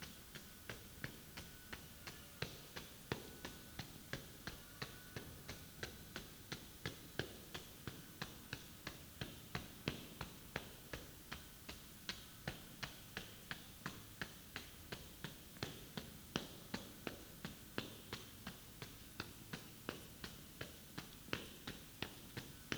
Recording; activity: daily activity, guitar pickup as the sensor; run